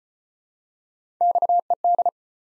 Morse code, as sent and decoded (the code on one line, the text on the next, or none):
-..- . -..
XED